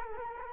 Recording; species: mosquito wingbeat signal from an infrared sensor; Culex quinquefasciatus